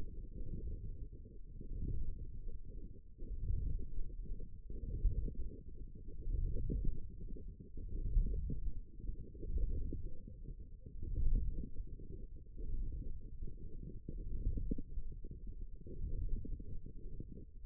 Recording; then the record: forearm muscle sounds (acoustic myography)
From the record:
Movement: wrist flexion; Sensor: system 1, eight BSWA MPA416 microphones around the upper forearm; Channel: 7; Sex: male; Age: 23 years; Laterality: right